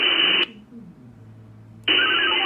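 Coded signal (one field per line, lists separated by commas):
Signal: HF data modem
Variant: VARA HF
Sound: two bursts of dense, even hiss-like data noise separated by a quiet gap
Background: radio static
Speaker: it's transmitting it's sending connection requests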